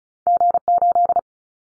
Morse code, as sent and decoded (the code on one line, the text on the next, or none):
--. ---..
G8